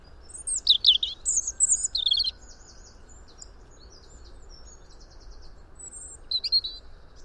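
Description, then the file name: European robin delivering a high, tinkling phrase of varied notes, followed by faint softer twitters and a short final burst, against a continuous low background hum. "Erithacus rubecula"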